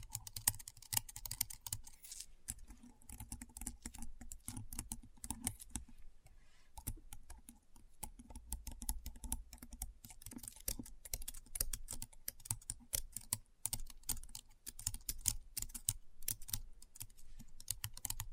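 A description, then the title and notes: Keyboard typing clatters in quick, uneven bursts of sharp clicks, with short pauses near three, six and seven seconds and a low hum beneath. ASMR Keyboard Sounds (No Talking).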